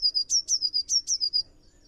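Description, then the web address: Eurasian blue tit calling, a quick run of about ten high, thin notes with sharp downward strokes over under two seconds, then quiet. "cianscape. Deverinetal"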